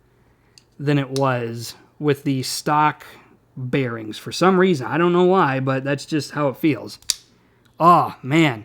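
A Hinderer XM-18 folding knife, reassembled with new scales and bearings, has its blade opened, and the frame lock bar snaps into engagement with the blade tang in a sharp click at 0.6 s. Someone then talks at length, saying the lock click feels more rock solid than it did with the stock bearings.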